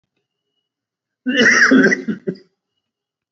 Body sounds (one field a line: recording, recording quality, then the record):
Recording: heavy voluntary cough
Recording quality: excellent, no background noise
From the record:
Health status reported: COVID-19 positive, mild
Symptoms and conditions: cough, fever, fatigue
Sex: male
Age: 62 years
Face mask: not worn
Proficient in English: yes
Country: India